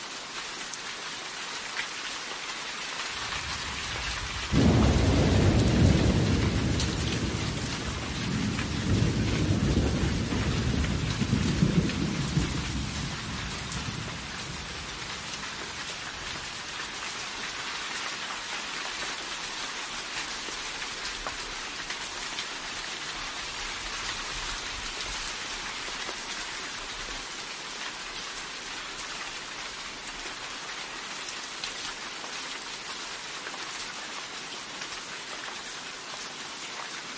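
Steady rain hisses throughout, a dense, even patter that stays bright and unchanging. Around the fifth second a deep roll of thunder breaks in, rumbling loudly for several seconds and fading out by about fifteen seconds, leaving the rain alone.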